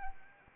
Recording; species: mosquito wingbeat signal from an infrared sensor; Anopheles arabiensis